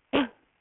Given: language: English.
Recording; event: throat vibration sensor signal played as sound; cough